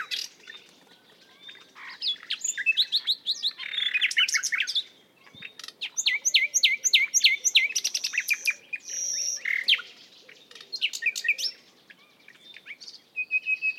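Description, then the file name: Common nightingale song in bursts: fast repeated chirps, buzzy churring trills and clear whistled notes, phrases separated by short pauses. "Luscinia megarhynchos"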